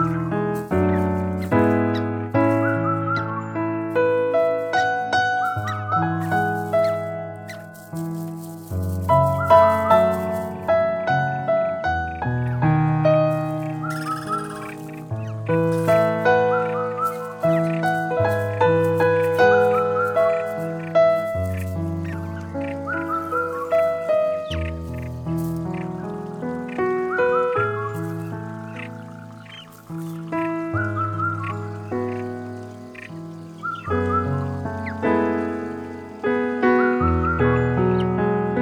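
Gentle piano plays slow, sustained chords that shift every few seconds, with a steady low bass line underneath. Short bird calls chirp repeatedly over the music throughout, and the level stays fairly even from start to finish.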